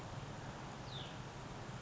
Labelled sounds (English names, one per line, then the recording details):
Hutton's Vireo
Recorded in Sonoma County, California